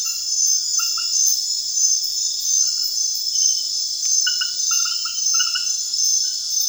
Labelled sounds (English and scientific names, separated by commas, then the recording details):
none
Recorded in secondary vegetation near Puerto Asís, Putumayo, Colombia, on 29 June 2025 at 22:00
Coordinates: 0.498, -76.327
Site GP09